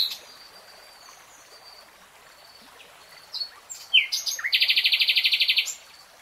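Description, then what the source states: Nightingale song: soft high whistled notes, a few sharp accents, then a very fast, loud, even trill lasting over a second. Nightingale singing in real time.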